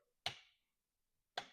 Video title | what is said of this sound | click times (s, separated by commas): Craftsman Toys DJS-BS01 Skybreaker (Ultra Magnus) - TOON vs STYLIZED | Hear a click. | 0.3 s, 1.4 s